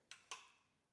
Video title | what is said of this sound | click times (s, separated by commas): Aniioki A8 Pro Max 2025 Dual Motor - Fast, Silent, But Not Perfect | and then drop it down here very carefully, and then listen for the click. | 0.1 s, 0.3 s